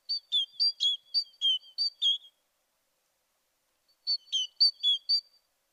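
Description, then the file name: Great tit calls: quick alternating high and lower notes in a rapid series of about eight, a pause, then another shorter burst of five. "Parus major"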